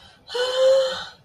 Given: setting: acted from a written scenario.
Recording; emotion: vocal sound without words; distress